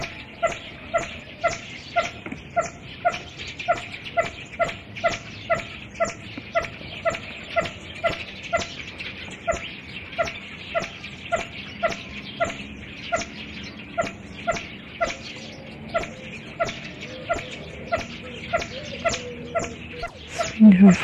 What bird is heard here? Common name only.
Swinhoe's Pheasant